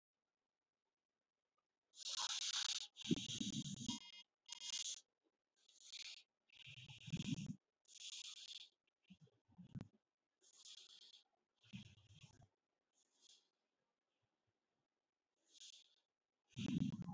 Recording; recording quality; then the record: shallow breathing; excellent, no background noise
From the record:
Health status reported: healthy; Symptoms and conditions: none ticked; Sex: male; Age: 37 years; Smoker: not ticked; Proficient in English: yes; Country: India